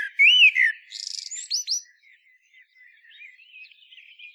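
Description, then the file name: Common blackbird song with a clear rising-and-falling whistle, a buzzy high twitter and sharp squeaks, then fainter song notes trailing off. "Turdus merula"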